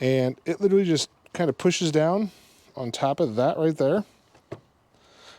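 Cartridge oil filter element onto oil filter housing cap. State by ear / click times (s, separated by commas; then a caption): seated / 4.5 s. A new cartridge oil filter element is pushed down onto the center post of a car's oil filter housing cap while someone talks. A short, sharp snap is heard at 4.5 s as the element seats onto the cap, confirmed snapped into place.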